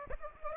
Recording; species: mosquito wingbeat signal from an infrared sensor; Aedes aegypti